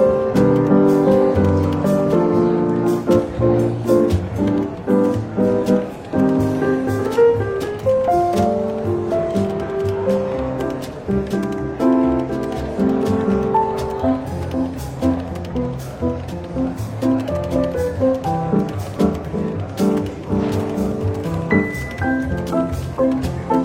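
Soft, relaxed jazz plays steadily throughout a bookshop café, with warm mid-range chords and a walking low line. Light, regular drum ticks and cymbal taps keep an even pace, and the music stays at a constant, moderate level from start to finish.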